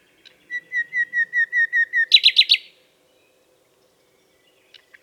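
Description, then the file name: Common nightingale song: a row of about eight pure, evenly spaced whistled notes, then a short burst of harsh, emphatic rattling notes before silence. "Luscinia megarhynchos"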